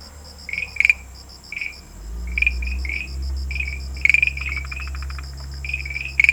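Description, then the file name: Farmland green tree frog chirping: brief clicky notes in loose groups, with a constant high whine and a low rumbling hum behind. "Rhacophorus arvalis"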